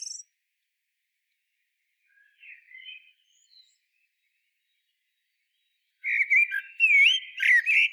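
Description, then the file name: Common blackbird gives a quiet whistled phrase, then after a pause a louder run of warbled notes mixed with high thin squeaky twitters. "Turdus merula"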